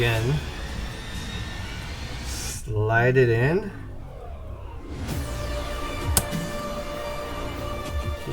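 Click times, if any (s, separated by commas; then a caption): 6.2 s. A plastic fin is slid into a warp nacelle half of a 1:350 scale Enterprise Refit model kit while someone talks over background music. A single sharp click at 6.2 s marks the fin snapping into place, seated.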